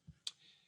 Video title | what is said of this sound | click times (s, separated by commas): 2020 Simple steps to Rotational Grazing | It pushes down the valve and locks in place. | 0.3 s